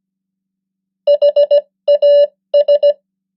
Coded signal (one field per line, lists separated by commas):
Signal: Morse code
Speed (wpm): 17 wpm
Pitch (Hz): 580 Hz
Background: none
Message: HAS